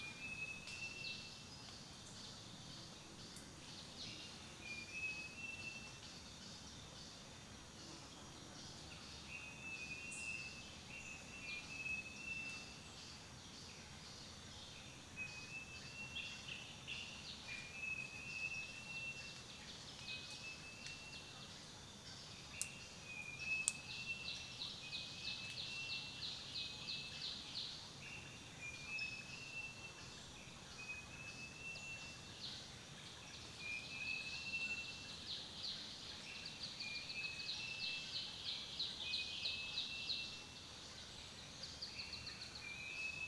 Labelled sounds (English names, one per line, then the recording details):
Scaly-breasted Illadopsis
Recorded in Kibale, Uganda